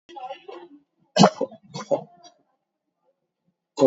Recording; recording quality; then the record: shallow voluntary cough; excellent, no background noise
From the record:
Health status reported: COVID-19 positive, no symptoms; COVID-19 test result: positive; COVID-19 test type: RT-PCR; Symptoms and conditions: fatigue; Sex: male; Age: 36 years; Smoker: no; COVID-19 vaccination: one dose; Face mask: worn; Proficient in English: yes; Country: India